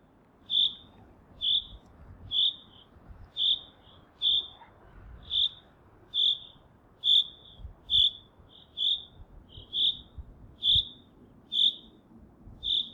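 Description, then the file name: Common chaffinch calls: short, bright, high notes repeated about once a second over a low background rumble. "Fringilla coelebs"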